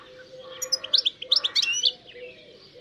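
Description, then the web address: Bird chirping song: one quick burst of high, sharp, twittering notes lasting about a second. "Deverinetal. Bird Only"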